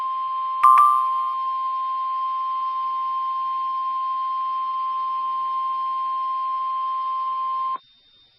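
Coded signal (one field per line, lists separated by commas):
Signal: Emergency Alert System (SAME) tones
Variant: 1050 Hz attention tone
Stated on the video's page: Flash flood warning in Louisiana relayed by a NOAA weather radio station.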